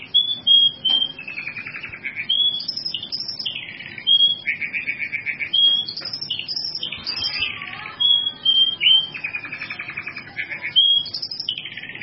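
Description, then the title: Bird song mixing clear high whistled notes with harsh buzzy phrases, repeated in short bursts throughout. "burung"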